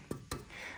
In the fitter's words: my uh little Notch and then it click Clips in you heard it snap in there